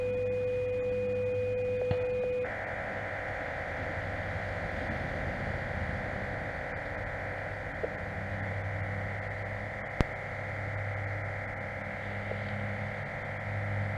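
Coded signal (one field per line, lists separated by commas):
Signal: MT63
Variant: MT63 2000 long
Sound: short steady tones, then a continuous dense, even warbling hiss filling the voice band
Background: radio static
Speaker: the mode is mt 63 201 centered on 1500 hertz and for everybody get ready with a visual start sending in five seconds here comes carl's message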